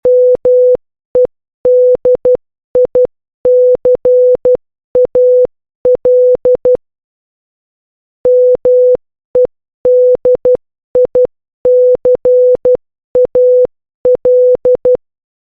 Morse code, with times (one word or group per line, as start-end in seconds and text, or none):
0.1-6.8 MEDICAL
8.3-15.0 MEDICAL